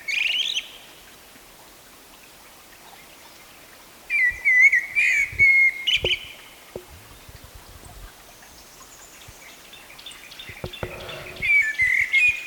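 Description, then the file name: Common blackbird delivering fluted song phrases with twittering high endings, one brief at the start, a longer one midway and another at the close; faint clicks between. "Turdus merula"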